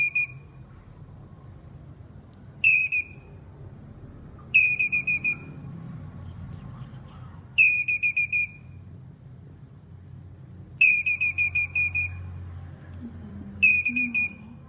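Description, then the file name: Squirrel calls in short bursts of sharp, high, whistle-like chirps, several quick notes per burst, repeated six times at uneven intervals over a low background hum. Male squirrel calling. "Tieng soc duc keu"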